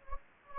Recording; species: mosquito wingbeat signal from an infrared sensor; Anopheles gambiae